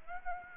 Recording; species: mosquito wingbeat signal from an infrared sensor; Aedes aegypti